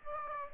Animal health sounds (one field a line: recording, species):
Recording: mosquito wingbeat signal from an infrared sensor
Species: Aedes aegypti